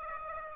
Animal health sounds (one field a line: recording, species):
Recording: mosquito wingbeat signal from an infrared sensor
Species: Aedes aegypti